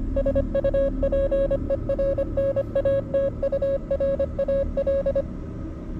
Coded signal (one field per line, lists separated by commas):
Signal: Morse code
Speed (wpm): 25 wpm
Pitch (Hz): 550 Hz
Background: none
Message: SUPERNATURAL